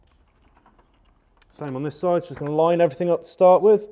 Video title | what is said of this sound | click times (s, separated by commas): How to change a Scorpion Exo-R1 visor - Sportsbikeshop | it'll just click into place | 1.4 s